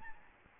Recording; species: mosquito wingbeat signal from an infrared sensor; Aedes albopictus